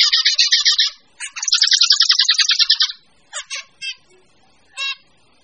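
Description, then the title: Birds singing in a busy mix: a long rapid buzzy trill, then a second chattering trill, followed by several short separate chirps and twitters. Mixed birds. "manuk campur"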